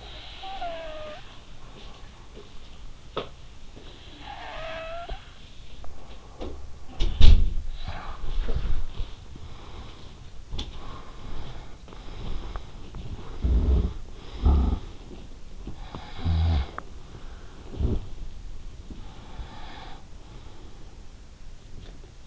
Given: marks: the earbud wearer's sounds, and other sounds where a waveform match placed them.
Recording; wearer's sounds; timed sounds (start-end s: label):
sounds in sleep by an in-ear microphone; snoring breath, breath
0.00-6.92 s: snoring breath
2.71-3.66 s: sound from someone else or the room
6.08-11.92 s: sound from someone else or the room
6.92-15.77 s: breath
15.77-18.83 s: snoring breath
18.83-22.27 s: breath